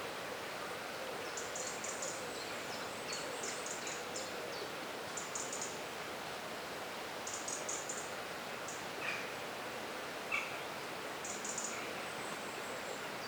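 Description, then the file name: Birds singing, with several bursts of high, thin chirps, a few lower notes, and a constant hiss underneath. Birdsong recorded in a forest. "Forest Birdsong - Soothing Birds"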